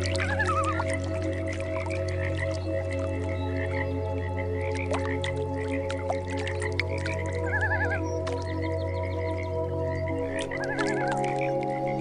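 Frog croaks repeat rapidly throughout, mixed with soft ambient music drones and several wavering tremolo calls near the start, middle and end.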